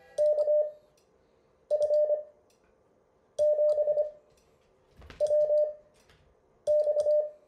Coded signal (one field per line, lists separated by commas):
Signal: Morse code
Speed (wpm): 25 wpm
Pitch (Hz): 600 Hz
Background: none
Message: KF7WX